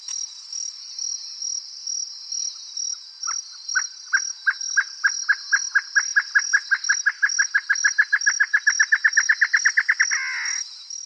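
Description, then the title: Great antshrike song: a series of hollow notes starting slowly, then speeding up into a rapid accelerating roll that ends in a harsh snarl, over a steady high insect trill. Nominate subspecies Taraba major major. "LuckyPassaro Completos2Sama. Great Antshrike"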